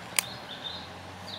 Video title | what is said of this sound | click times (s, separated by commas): WASHING Car with Magic Hose Review Video | clicked on there | 0.2 s